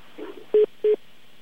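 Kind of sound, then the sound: signal or alarm, telephone keypad dialing tones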